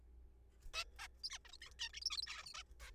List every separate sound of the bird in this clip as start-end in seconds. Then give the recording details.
0.74-0.84, 0.99-1.08, 1.24-1.30, 1.30-1.38, 1.45-1.49, 1.49-1.52, 1.53-1.57, 1.61-1.70, 1.72-1.74, 1.79-1.89, 1.94-2.00, 2.02-2.04, 2.06-2.10, 2.10-2.17, 2.18-2.22, 2.23-2.26, 2.27-2.45, 2.46-2.53, 2.54-2.63, 2.80-2.91. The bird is a juvenile. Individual R3428